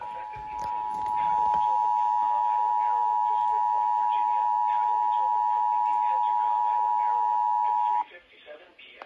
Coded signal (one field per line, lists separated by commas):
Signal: Emergency Alert System (SAME) tones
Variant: 853 and 960 Hz attention tone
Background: speech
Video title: EAS 770-771 - SMW